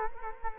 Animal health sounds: mosquito wingbeat signal from an infrared sensor; Culex quinquefasciatus

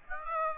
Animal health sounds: mosquito wingbeat signal from an infrared sensor; Aedes aegypti

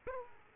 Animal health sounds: mosquito wingbeat signal from an infrared sensor; Aedes aegypti

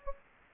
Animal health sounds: mosquito wingbeat signal from an infrared sensor; Anopheles gambiae

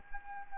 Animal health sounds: mosquito wingbeat signal from an infrared sensor; Anopheles arabiensis

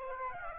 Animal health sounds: mosquito wingbeat signal from an infrared sensor; Aedes aegypti

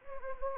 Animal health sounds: mosquito wingbeat signal from an infrared sensor; Anopheles gambiae

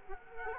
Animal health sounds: mosquito wingbeat signal from an infrared sensor; Culex quinquefasciatus

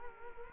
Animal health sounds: mosquito wingbeat signal from an infrared sensor; Culex quinquefasciatus

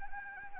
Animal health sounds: mosquito wingbeat signal from an infrared sensor; Anopheles arabiensis

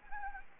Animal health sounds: mosquito wingbeat signal from an infrared sensor; Anopheles arabiensis

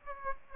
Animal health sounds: mosquito wingbeat signal from an infrared sensor; Aedes aegypti

